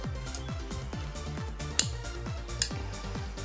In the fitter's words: Là. Là, ça fait clic.